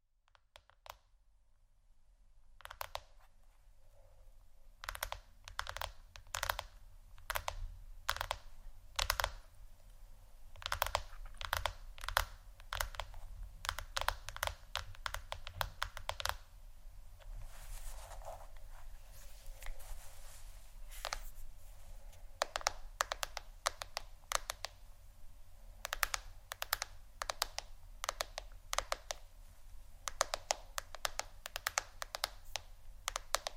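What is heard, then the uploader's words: Fingers tap on a phone or tablet screen in quick, irregular bursts, each tap a short crisp click. After a quiet first few seconds the tapping runs almost continuously, dense, over a low steady hum. ASMR Phonetablet Tapping（No Talking）.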